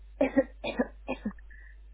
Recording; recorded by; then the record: voluntary cough; telephone call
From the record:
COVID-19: negative